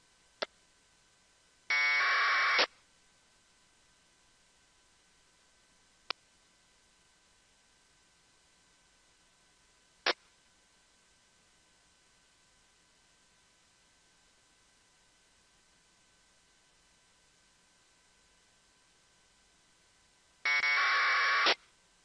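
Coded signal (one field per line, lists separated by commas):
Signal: packet radio (AX.25, as in APRS)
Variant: AFSK 1200 baud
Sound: two short harsh warbling data bursts about a second long, with occasional clicks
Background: radio squelch clicks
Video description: tuned to the APRS frequency 144.390 MHZ NFM, Filter bandwidth set at 11400, squelch set at 50 and running AFSK1200 Decoder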